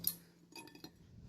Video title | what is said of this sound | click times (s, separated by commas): New brake rotor and brake pads on a 2014 Armada Platinum | just pull it back make sure it clicks and | 0.1 s